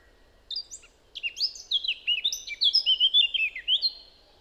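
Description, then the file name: Eurasian blackcap song, a few scratchy opening notes leading into a fast, loud run of clear fluty warbles that ends abruptly. "Sylvia atricapilla"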